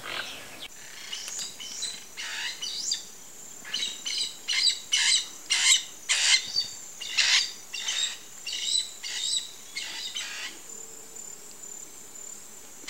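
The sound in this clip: Bird uttering a long series of harsh, squawking notes, about two per second and growing louder mid-sequence, with a constant high-pitched hiss behind.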